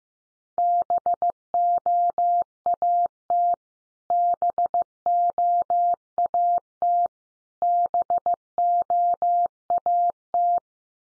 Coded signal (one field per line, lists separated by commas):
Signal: Morse code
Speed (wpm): 14 wpm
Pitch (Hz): 700 Hz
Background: none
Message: BOAT BOAT BOAT